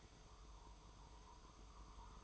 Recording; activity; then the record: daily activity, microphone in the room; make coffee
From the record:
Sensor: 1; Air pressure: 995.1 hPa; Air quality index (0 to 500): 34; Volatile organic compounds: 1 ppm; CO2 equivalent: 610 ppm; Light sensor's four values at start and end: 14/50/18/19 and 14/50/18/19